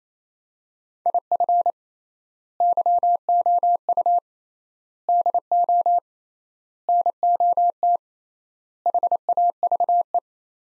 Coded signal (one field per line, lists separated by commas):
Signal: Morse code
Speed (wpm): 27 wpm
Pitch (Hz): 700 Hz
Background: none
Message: IF YOU DO NOT HAVE